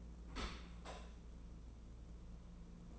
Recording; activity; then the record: daily activity, microphone in the room; open dishwasher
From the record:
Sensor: 1